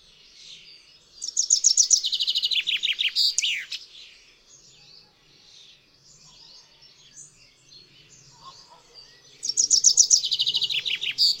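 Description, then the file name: Common chaffinch song given twice: a rapid, bright, descending run of notes that ends in a quick flourish, with a quiet pause between the two songs. "ZIEBA"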